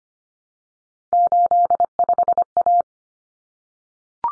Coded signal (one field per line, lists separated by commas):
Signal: Morse code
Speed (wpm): 25 wpm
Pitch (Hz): 700 Hz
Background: none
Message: 85A